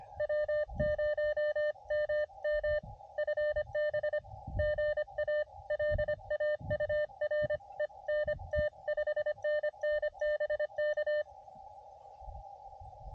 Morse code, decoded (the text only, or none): W0MM FB GA LAURENT 5NN BK